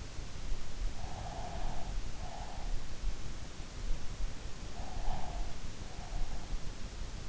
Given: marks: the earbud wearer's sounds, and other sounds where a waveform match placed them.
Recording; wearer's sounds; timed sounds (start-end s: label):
sounds in sleep by an in-ear microphone; breath
0.82-2.95 s: breath
4.57-6.64 s: breath